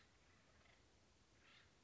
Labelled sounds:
Acorn Woodpecker
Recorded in Sonoma County, California

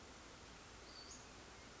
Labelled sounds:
Western Flycatcher
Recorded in Sonoma County, California

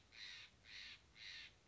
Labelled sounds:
Steller's Jay
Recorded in Sonoma County, California

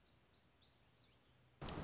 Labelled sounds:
Black-throated Gray Warbler
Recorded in Sonoma County, California

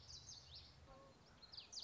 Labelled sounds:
Common Yellowthroat
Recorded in Sonoma County, California

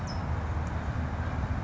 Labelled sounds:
California Towhee
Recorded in Sonoma County, California

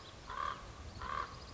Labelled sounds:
Common Raven
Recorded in Sonoma County, California

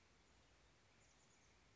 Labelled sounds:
Chestnut-backed Chickadee
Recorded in Sonoma County, California

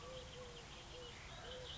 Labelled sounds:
Eurasian Collared Dove
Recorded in Sonoma County, California

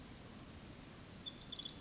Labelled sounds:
Pacific Wren
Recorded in Sonoma County, California

